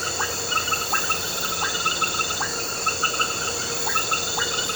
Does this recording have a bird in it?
no